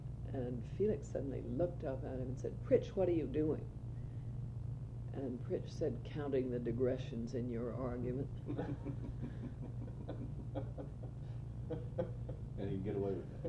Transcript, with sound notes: and Felix suddenly looked up at him and said, "Prich what are you doing?"" And Prich, said, "counting the digressions in your argument." [laughter]
And he'd get away with that?